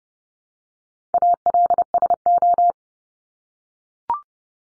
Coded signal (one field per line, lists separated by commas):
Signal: Morse code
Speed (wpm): 30 wpm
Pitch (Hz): 700 Hz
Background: none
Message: ALSO